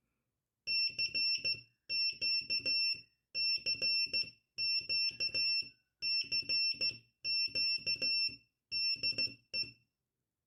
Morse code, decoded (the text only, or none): CQCQCQDE